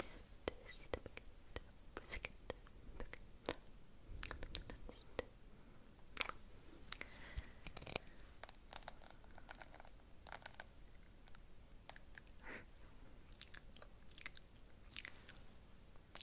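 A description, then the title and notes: Quiet mouth sounds: wet clicks, nibbling and soft crunchy bites scattered irregularly across the whole stretch, several every second. A few fuller crunches stand out near 4, 6 and 8 seconds, over a faint low hum. Mouth Sounds (Spoolie Nibbling, Spit Painting, Unintelligible, Face Touching).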